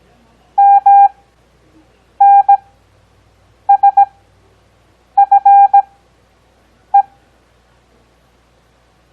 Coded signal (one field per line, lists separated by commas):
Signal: Morse code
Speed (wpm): 17 wpm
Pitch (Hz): 800 Hz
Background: none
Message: MNSFE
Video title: Copy Morse Code 4th Grade